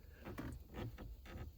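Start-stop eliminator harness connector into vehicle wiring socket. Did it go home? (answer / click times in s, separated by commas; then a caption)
no / none. A start-stop eliminator harness connector is handled at its mating wiring socket behind the dash of a 2021–2025 Ford F-150, with soft rustling and short handling taps around 0.4 s and 1.0 s. Nothing has seated or clicked yet.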